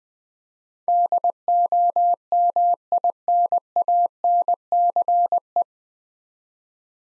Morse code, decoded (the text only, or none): DOMINANCE